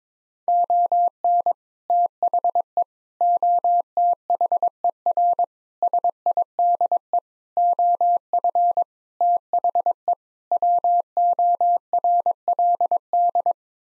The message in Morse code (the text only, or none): ON THE OTHER SIDE OF THE WORLD